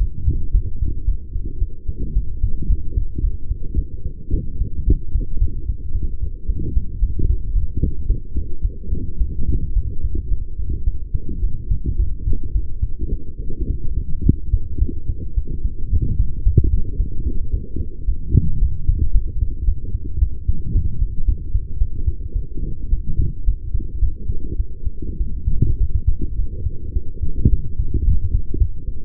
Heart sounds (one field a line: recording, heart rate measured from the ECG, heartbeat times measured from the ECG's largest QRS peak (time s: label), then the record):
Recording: heart sounds by stethoscope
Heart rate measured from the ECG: 109 bpm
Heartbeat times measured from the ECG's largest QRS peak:
0.52 s: heartbeat
1.05 s: heartbeat
1.59 s: heartbeat
2.13 s: heartbeat
2.67 s: heartbeat
3.21 s: heartbeat
3.75 s: heartbeat
4.31 s: heartbeat
4.85 s: heartbeat
5.39 s: heartbeat
5.92 s: heartbeat
6.47 s: heartbeat
7.00 s: heartbeat
7.53 s: heartbeat
8.07 s: heartbeat
8.62 s: heartbeat
9.19 s: heartbeat
9.74 s: heartbeat
10.29 s: heartbeat
10.85 s: heartbeat
11.41 s: heartbeat
11.97 s: heartbeat
12.53 s: heartbeat
13.10 s: heartbeat
13.68 s: heartbeat
14.24 s: heartbeat
14.79 s: heartbeat
15.35 s: heartbeat
15.90 s: heartbeat
16.44 s: heartbeat
16.97 s: heartbeat
17.51 s: heartbeat
18.06 s: heartbeat
18.60 s: heartbeat
19.13 s: heartbeat
19.65 s: heartbeat
20.19 s: heartbeat
20.73 s: heartbeat
21.26 s: heartbeat
21.79 s: heartbeat
22.33 s: heartbeat
22.90 s: heartbeat
23.46 s: heartbeat
24.00 s: heartbeat
24.57 s: heartbeat
25.18 s: heartbeat
25.79 s: heartbeat
26.37 s: heartbeat
26.94 s: heartbeat
27.50 s: heartbeat
28.05 s: heartbeat
28.59 s: heartbeat
From the record:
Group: healthy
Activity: light exercise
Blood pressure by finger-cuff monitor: 115/86 mmHg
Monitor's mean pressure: 94 mmHg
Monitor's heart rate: 110 bpm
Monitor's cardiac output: 7.3 L/min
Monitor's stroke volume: 67 mL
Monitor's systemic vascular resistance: 930 dyn s/cm5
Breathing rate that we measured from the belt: 26 breaths a minute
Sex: female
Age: 23 years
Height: 160 cm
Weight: 50.4 kg